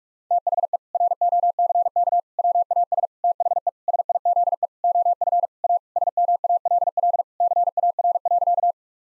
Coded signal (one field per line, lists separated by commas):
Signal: Morse code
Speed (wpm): 43 wpm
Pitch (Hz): 700 Hz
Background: none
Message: THE ROCK WAS THE SIZE OF A SMALL CAR.